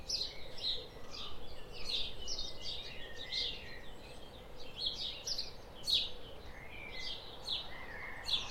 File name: Passer domesticus